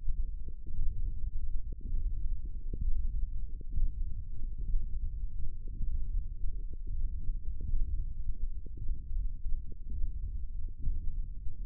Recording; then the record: forearm muscle sounds (acoustic myography)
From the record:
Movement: finger pinch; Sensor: system 1, eight BSWA MPA416 microphones around the upper forearm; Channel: 5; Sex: male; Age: 23 years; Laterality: right